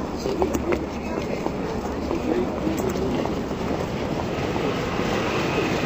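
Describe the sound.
A tram rolls in to a tram stop with a steady, heavy low rumble and scattered metallic clanks and squeals, while indistinct voices murmur beneath the noise.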